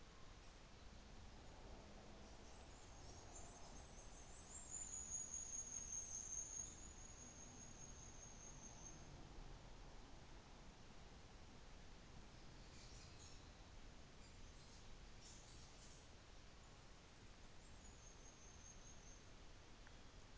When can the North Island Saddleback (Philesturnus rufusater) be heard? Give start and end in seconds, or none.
none